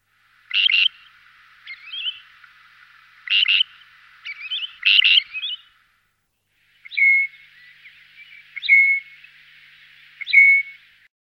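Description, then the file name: Great grey shrike calling: clusters of harsh rasping notes, then three clearer whistled notes with a buzzy trail, spaced about two seconds apart. "Sorokoput seryy"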